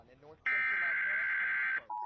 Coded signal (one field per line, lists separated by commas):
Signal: Emergency Alert System (SAME) tones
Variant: header bursts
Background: speech